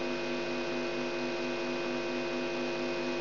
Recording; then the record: brain microelectrode recording played as sound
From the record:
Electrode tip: outside the subthalamic nucleus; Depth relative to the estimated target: -6 mm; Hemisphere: left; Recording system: AlphaMap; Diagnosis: Parkinson's disease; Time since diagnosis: 17 years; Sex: female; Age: 63 years